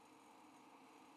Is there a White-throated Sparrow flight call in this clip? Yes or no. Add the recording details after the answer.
no. No flight call is heard. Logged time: 07:18 on 5 December 2014